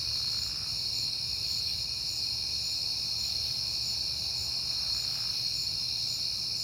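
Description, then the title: Cricket: steady high trilling of crickets fills the whole stretch, with a faint swell of passing traffic noise midway and a low rumble beneath. Recorded on a peaceful night in September; crickets heard often that month; cars passing. "Night Time: Crickets and Passing Cars"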